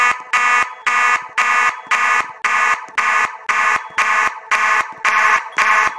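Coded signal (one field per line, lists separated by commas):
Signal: alarm pattern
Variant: fast march time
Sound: harsh buzzing horn pulsing rapidly, about two blasts per second, 12 blasts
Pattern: 12 short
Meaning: Fire alarm evacuation signal sounding in march time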